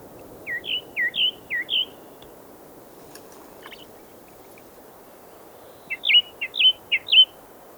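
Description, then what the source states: Redwing giving two short phrases of several rapid whistled notes, separated by a few seconds of quiet, over steady low background noise. Listed among Greenland's birds, in a thrush category.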